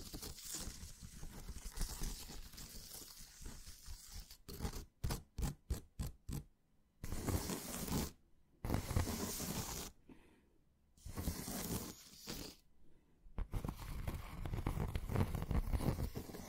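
Hands tapping, scratching and stroking, with a dense, rough rubbing that fills the first four seconds. Around five to six seconds comes a quick run of evenly spaced taps, then bursts of scraping broken by short silences, ending in continuous scratchy rubbing.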